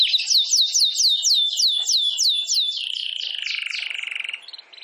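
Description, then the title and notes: Domestic canary song: a steady run of descending whistled slurs several per second, flowing into a lower rapid rolling trill. Belgian canary singing, Campainha song style. "Canário Belga Campainha Canary Singing. Canario Belga Cantando"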